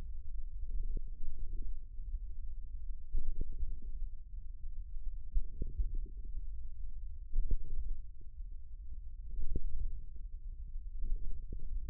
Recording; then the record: forearm muscle sounds (acoustic myography)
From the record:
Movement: hook grip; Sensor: system 1, eight BSWA MPA416 microphones around the upper forearm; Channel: 6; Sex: male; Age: 54 years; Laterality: right